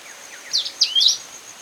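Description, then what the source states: Forest elaenia giving three brisk, high notes, the last one longer, with a constant high whine in the background. Song, recorded 11 March 2010.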